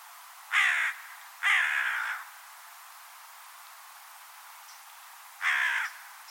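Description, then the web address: Bird calling three harsh, rasping caws, the first two close together, then a pause of about three seconds before the last. Bird only, 2025 bird data. "Deverinetal 2025 File origin Bird Only"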